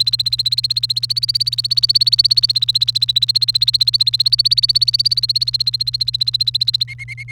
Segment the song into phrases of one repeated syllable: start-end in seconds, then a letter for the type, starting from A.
0.00-6.83 A, 6.88-7.32 B